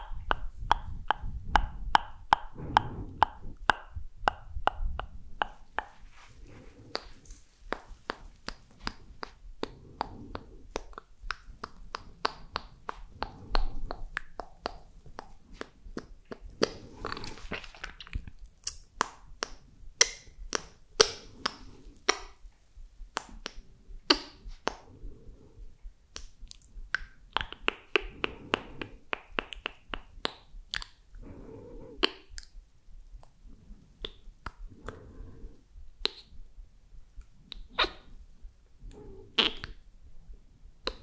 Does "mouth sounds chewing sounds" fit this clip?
yes